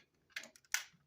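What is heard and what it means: A small black tab in the torso of a plastic Miniforce Super Dimension toy robot is pushed all the way up to raise the head out, with the click being the cue to stop pushing. A short plastic scrape and rustle near 0.4 s and faint ticks follow, then a sharp, bright click at 0.7 s. The head seats and clicks into position.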